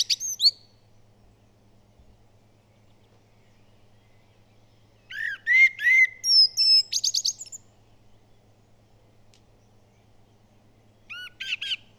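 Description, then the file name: Common blackbird song: a short high squeak, then a mellow whistled phrase ending in quick, shrill twittering, and a faint fragment near the end. "Turdus merula"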